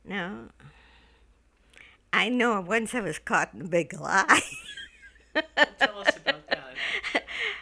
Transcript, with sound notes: now, I know once I was caught in a big lie. ( she laughs )
Tell us about that.